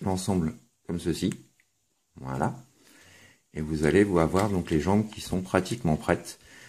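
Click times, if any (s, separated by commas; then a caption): none. A telescopic leg is handled in its sleeve, not yet extended to length and locked. Someone talks throughout, with brief faint handling noise in the pauses. Nothing has seated or clicked yet.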